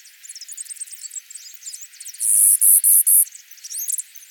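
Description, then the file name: Clay-colored sparrow song: four flat, high insect-like buzzes in quick succession, set among busy chattering and twittering. "Spizella pallida - Clay-colored Sparrow"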